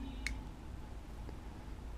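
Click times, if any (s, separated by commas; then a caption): 0.3 s. A plastic battery door is pressed back onto a GoPro HERO 3+ (Plus) action camera body, giving a sharp, bright click at 0.3 s as it snaps into place. A much fainter tick follows around 1.3 s over a steady low background hum.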